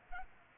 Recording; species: mosquito wingbeat signal from an infrared sensor; Culex pipiens